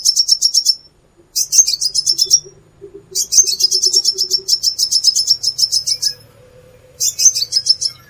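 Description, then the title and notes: Plain-throated sunbird song: very high, rapid twittering phrases separated by short pauses. Bird described as gacor, actively and persistently singing. "Kolibri Gacor. Kolibri Kelapa"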